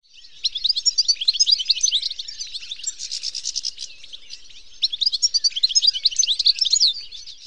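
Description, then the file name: European goldfinch twittering, a rapid jumble of bright tinkling notes and buzzy trills, no other sounds. "tengelic"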